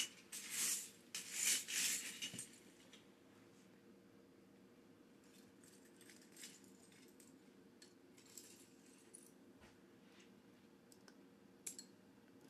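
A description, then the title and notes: Small plastic pieces rattle and clink in a loose burst during the first two seconds or so, bright, as bricks are sifted. After that the sound settles into a low steady hum, broken only by occasional faint clicks and a sharper tap near the end. Building a Lego set.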